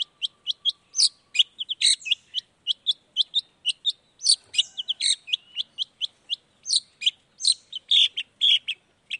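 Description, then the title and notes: Long-tailed shrike in rapid chattering song, a quick stream of short sharp high notes with brief pauses between phrases. Singing actively in the morning, with a varied repertoire including 'toet toet' notes; played to provoke other long-tailed shrikes into responding. "Cendet Gacor Dor Di Kala Pagi Toet Toet Variasi Suara. Cendet Gacor Langsung Nyaut Emosi Hanya dengan Sekali Putar Bikin Cendet Lainya Cepat Respon Bunyi. Burung cendet"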